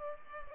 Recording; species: mosquito wingbeat signal from an infrared sensor; Culex pipiens